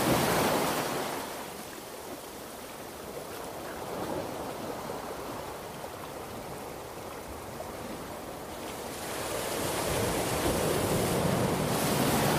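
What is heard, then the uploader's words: Ocean waves wash in a steady, dense roar. A wave surges at the start, the sound eases into a softer hiss through the middle, then builds again from about nine seconds as another wave breaks. Light wind rumbles underneath throughout. Ocean Waves Sleep Sounds White Noise.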